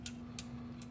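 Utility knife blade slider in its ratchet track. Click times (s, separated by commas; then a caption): 0.1 s, 0.4 s, 0.8 s. The steel snap-off blade of a ratcheting utility box cutter with a plastic body is slid along its ratchet track, clicking through detent positions with sharp ticks at 0.1, 0.4 and 0.8 seconds over a steady low hum. The blade slider locks into place.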